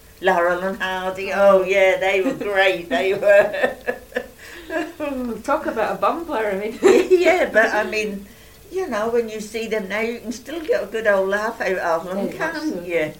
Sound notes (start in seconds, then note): 3.8 laughs; 7.1 laughs